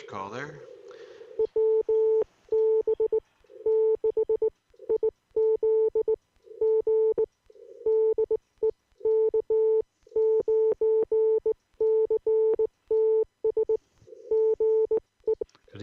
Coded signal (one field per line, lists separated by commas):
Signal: Morse code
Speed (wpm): 17 wpm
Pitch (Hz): 440 Hz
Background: speech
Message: WB6IZG DE K9CTS GE